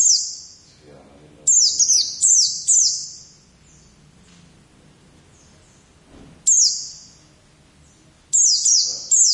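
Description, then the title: White-eye song in short bursts of very high, thin twittering notes with quick downward slurs, separated by long quiet gaps and some faint low background sounds. "Pleci"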